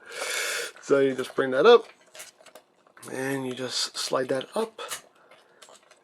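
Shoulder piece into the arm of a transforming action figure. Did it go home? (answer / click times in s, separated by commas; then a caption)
yes / 5.6 s, 5.9 s. Someone talks while sliding the plastic shoulder piece of a FansToys Sovereign (Masterpiece Galvatron) transforming action figure's arm upward, with small plastic handling sounds between phrases. The piece snaps into place with clicks at 5.6 s and 5.9 s, and it is seated.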